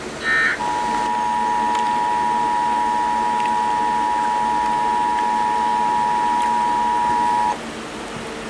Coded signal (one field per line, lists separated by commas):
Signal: Emergency Alert System (SAME) tones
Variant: 853 and 960 Hz attention tone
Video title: EAS 2,000 | EAS Alerts From 5/7/2023 (EAS #1,989-2,040)